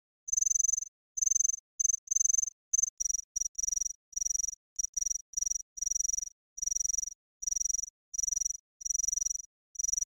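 Cicada giving a run of shrill buzzy pulses, some long and some clipped short, repeated irregularly for ten seconds with quiet pauses between them.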